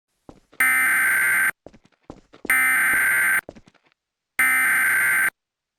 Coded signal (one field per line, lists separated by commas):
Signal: Emergency Alert System (SAME) tones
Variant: header bursts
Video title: THE AWAKENING... a eas scenario recreation